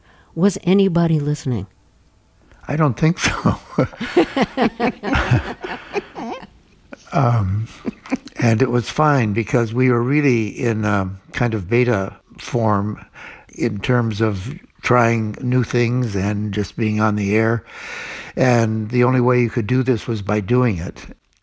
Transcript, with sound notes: Was anybody listening?
I don't think so.
(LAUGHTER)
And it was fine because we were really in kind of beta form in terms of trying new things and just being on the air. And the only way you could do this was by doing it.